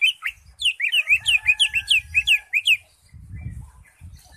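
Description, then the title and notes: Greater Green Leafbird song: a lively run of rising and falling whistled notes over low rumbling background noise that continues afterward. Used as a training recording for teaching songs to cage birds. "Suara Burung Cucak Ijo. mantap buat masteran burung cak ijo"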